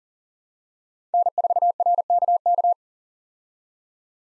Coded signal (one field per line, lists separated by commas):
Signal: Morse code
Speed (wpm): 40 wpm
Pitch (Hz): 700 Hz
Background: none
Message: N4RKK